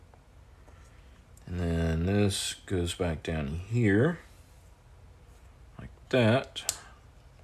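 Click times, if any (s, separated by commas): none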